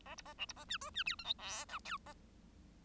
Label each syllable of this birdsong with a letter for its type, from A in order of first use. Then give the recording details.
A B A C B A D E D F G H I J K A. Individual Bird1